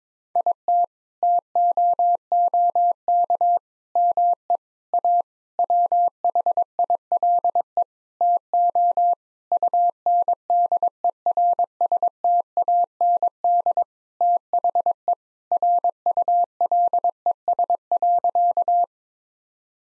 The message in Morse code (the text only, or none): IT TOOK ME A WHILE TO UNDERSTAND THE RULES.